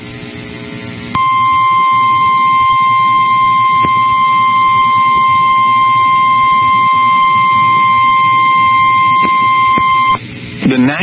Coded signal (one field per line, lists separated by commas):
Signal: Emergency Alert System (SAME) tones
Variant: 1050 Hz attention tone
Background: speech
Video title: PDS Severe Thunderstorm Warning (ND and MN) (6/20/25) [EAS #184]